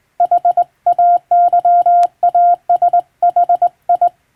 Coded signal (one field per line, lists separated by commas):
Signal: Morse code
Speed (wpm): 21 wpm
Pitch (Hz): 700 Hz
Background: none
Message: HAYASHI